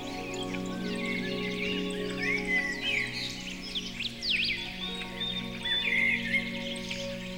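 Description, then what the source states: Bird chorus of whistled phrases and sharp chirps, some louder bursts, with calm held music notes underneath. Birdsong mixed with music.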